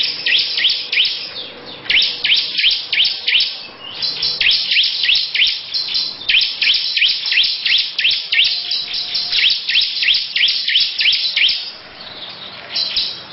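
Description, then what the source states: Lovebird chattering song: dense, shrill, rapidly repeated chirps, about three a second, running almost unbroken with only brief dips. Long "ngekek" song.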